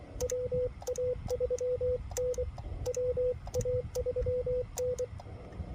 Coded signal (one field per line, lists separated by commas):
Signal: Morse code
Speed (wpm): 23 wpm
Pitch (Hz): 500 Hz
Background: radio noise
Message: WA3N WA3N